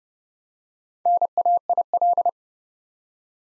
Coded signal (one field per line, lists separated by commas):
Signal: Morse code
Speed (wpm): 32 wpm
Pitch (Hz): 700 Hz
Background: none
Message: NAIL